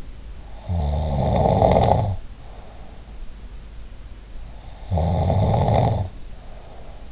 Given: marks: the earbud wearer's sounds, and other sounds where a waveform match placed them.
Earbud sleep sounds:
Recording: sounds in sleep by an in-ear microphone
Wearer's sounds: snoring breath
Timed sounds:
0.50-3.18 s: snoring breath
4.61-7.12 s: snoring breath

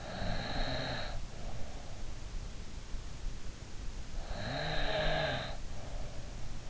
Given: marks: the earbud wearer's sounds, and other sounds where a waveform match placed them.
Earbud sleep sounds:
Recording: sounds in sleep by an in-ear microphone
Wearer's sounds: snoring breath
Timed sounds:
0.00-1.89 s: snoring breath
4.30-6.29 s: snoring breath

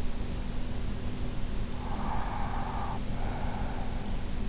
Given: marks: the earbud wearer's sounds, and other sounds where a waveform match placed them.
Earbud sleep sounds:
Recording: sounds in sleep by an in-ear microphone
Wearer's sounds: breath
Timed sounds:
1.45-4.10 s: breath

